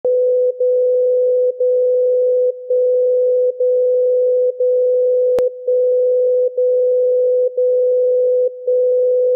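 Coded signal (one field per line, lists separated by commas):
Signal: radio time signal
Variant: DCF77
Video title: DCF 77 Time signal Mainflingen Germany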